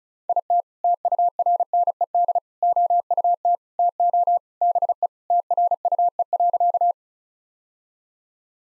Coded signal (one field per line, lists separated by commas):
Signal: Morse code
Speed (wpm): 36 wpm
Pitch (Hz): 700 Hz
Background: none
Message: IT TURNED OUT TO BE TRUE.